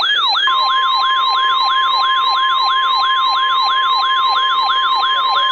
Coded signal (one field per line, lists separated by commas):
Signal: Emergency Alert System (SAME) tones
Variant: 1050 Hz attention tone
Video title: Required Weekly Test of KIH28 from Philadelphia PA and WXK97 from Sudlersville MD {EAS #1295-96}